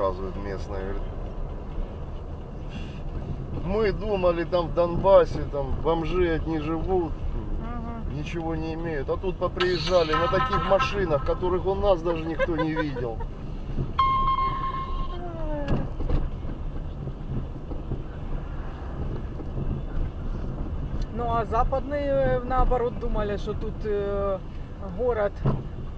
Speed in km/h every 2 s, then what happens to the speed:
17, 20, 21, 22, 22, 20, 20, 23, 24, 23, 25, 21, 12.
0-20 steady at about 22. 20-26 slows to 12.